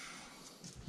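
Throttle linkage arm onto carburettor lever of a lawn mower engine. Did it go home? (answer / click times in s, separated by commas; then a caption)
no / none. The metal throttle/choke linkage arm of a Honda GV100 lawn mower engine is being handled while it's fitted back onto the carburettor lever. Faint handling noise comes in, with a soft knock at about 0.6 s and a louder thump at the very end. Nothing has seated or clicked yet.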